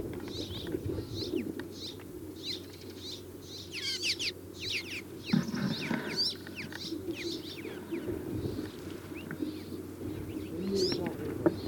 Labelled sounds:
Rock Sparrow (Petronia petronia) call, Mongolian Finch (Eremopsaltria mongolica) call

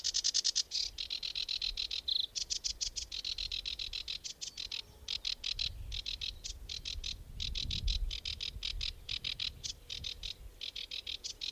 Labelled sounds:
Sedge Warbler (Acrocephalus schoenobaenus) song

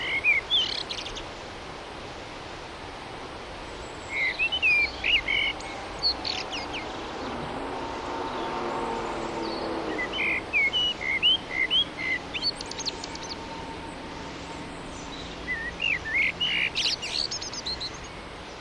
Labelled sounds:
Common Blackbird (Turdus merula) song

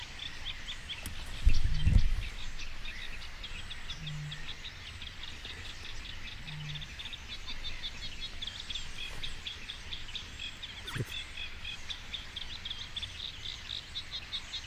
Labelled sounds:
Spotted Crake (Porzana porzana)

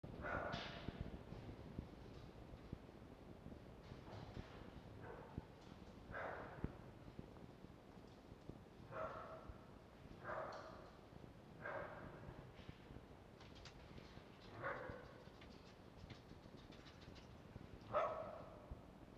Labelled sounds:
Red Fox (Vulpes vulpes)

